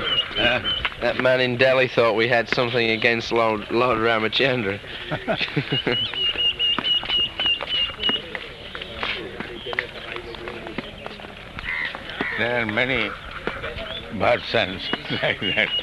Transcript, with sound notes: Huh?
That man in Delhi thought we had something against Lord Rāmacandra.
[laughs] There are many versions like that.